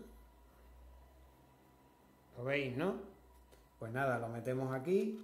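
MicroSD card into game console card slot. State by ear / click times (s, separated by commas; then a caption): not seated / none. A microSD card is lined up with the card slot of a Nintendo Switch OLED game console, turned to match the orientation drawing by the slot before it is pushed in. Someone talks over a faint background hum, and nothing has seated or clicked yet.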